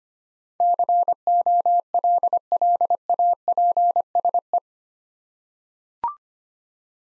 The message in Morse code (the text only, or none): COLLAPSE